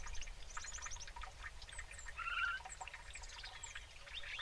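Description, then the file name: European robin song with a brief warbled phrase midway among busy high chatter of other birds, over a low background rumble. "Erithacus rubecula"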